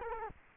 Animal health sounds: mosquito wingbeat signal from an infrared sensor; Culex quinquefasciatus

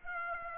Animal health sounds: mosquito wingbeat signal from an infrared sensor; Aedes aegypti

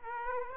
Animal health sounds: mosquito wingbeat signal from an infrared sensor; Aedes aegypti

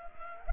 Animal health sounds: mosquito wingbeat signal from an infrared sensor; Culex pipiens

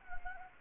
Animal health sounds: mosquito wingbeat signal from an infrared sensor; Anopheles gambiae

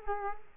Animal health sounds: mosquito wingbeat signal from an infrared sensor; Culex quinquefasciatus

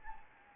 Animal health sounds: mosquito wingbeat signal from an infrared sensor; Anopheles arabiensis

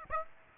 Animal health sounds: mosquito wingbeat signal from an infrared sensor; Aedes aegypti

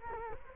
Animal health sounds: mosquito wingbeat signal from an infrared sensor; Culex quinquefasciatus

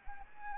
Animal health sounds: mosquito wingbeat signal from an infrared sensor; Anopheles arabiensis

